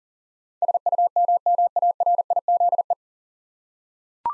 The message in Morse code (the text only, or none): SUMMARIZE